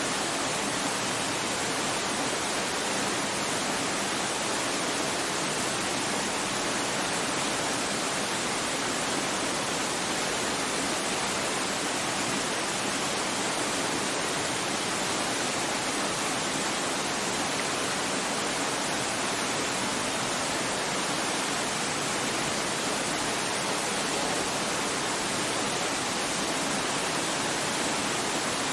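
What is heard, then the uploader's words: Water cascades steadily down rocks in a dense, unbroken rush that holds the same level throughout. The sound is bright and hissing, spread evenly from a soft low rumble up to a fine spray, with no distinct splashes or other sounds standing out. White Noise Waterfall Sounds. The gentle cascades of water flowing down the rocks.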